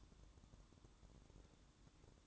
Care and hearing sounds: daily activity, microphone in the room; light off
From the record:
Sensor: 3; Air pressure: 1007.9 hPa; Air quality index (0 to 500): 83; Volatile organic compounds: 1 ppm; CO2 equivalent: 708 ppm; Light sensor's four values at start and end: 12/27/11/11 and 12/27/11/11

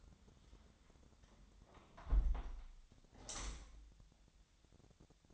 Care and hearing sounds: daily activity, microphone in the room; close window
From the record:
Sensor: 3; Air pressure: 1006.5 hPa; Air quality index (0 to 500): 198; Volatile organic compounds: 16 ppm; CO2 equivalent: 2526 ppm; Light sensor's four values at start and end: 10/24/10/10 and 10/23/9/9

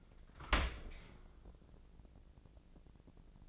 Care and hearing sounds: daily activity, microphone in the room; open dishwasher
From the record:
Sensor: 5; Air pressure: 1012.4 hPa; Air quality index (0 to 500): 159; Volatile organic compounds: 2 ppm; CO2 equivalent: 1081 ppm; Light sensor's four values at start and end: 108/259/110/122 and 108/260/110/122

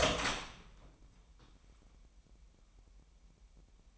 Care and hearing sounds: daily activity, microphone in the room; open door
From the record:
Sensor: 1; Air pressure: 998.4 hPa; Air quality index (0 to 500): 127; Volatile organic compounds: 3 ppm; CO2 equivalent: 1522 ppm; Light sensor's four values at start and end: 15/44/18/20 and 16/45/19/20

